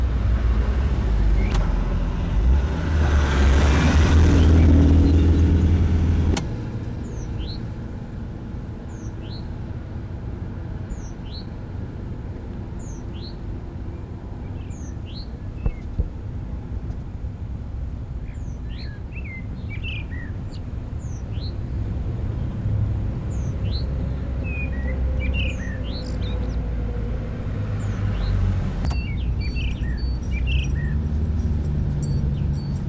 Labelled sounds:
Common Blackbird song
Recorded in the wild
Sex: male
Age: adult
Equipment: Uher 4000, Sennheiser MKH 415 T
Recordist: Tretzel, Erwin

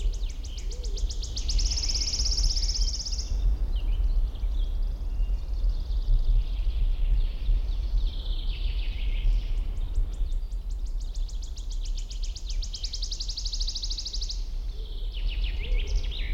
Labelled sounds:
Common Chaffinch
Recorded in the wild
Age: adult
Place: Mühlenbecker Wald, Brandenburg, DE
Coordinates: 52.689, 13.356
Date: 1993-05-08 11:20
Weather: sonnig, ca. 23 °C
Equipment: Marantz CP 430, Sennheiser ME 80, Kopie Uher Variocord 263
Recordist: Tembrock, Günter

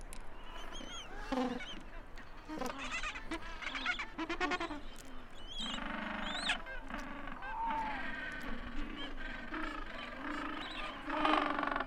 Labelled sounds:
Gentoo Penguin call
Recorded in the wild
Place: Kopaitic Island, Antarctica, AQ
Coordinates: -63.18, -57.55
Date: 2019-01-01
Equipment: Olympus LS-100, Sennheiser ME66
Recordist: Beaulieu, Michaël

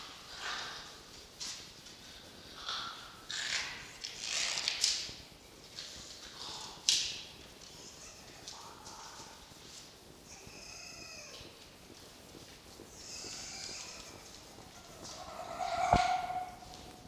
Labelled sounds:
Red Fox
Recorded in captivity
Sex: pair
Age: adult
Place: Zoologisches Institut der HUB, Berlin, DE
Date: 1953-01-07 16:45
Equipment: Elmetra
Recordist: Tembrock, Günter
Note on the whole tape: Darbietung eines lebenden Meerschweinchens, Lautgebung nach der Tötung. Jupp: Ranzwinseln und Ranzbellen, Muffen (ohne Fleisch); Fiffi: Knurren (offen) = Sprödigkeitsverhalten (Bellabstand durch Schneiden verringert)

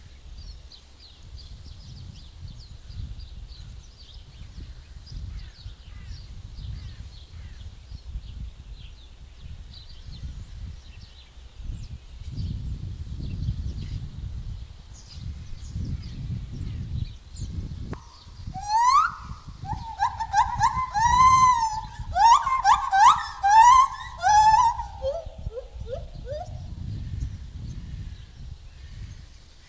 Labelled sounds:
Lar Gibbon call
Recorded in captivity
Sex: male
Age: adult
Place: Zoo Berlin, Berlin, DE
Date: 2000-12-12 13:30
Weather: bedeckt, 12°C
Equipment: Nagra SN, Kopie Uher 4000 Report Monitor
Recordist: Tembrock, Günter

